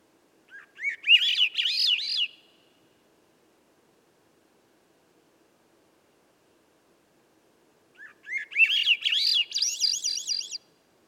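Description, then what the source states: Swainson's thrush singing two upward-spiralling flute-like phrases separated by about six seconds of silence, each ending in high, rapid looping notes. Single wild bird singing at dusk by a campsite, perched 3 m up in a red alder at a cut clearing among young western hemlock and redcedar; from a 15-minute performance; nearby birds silent.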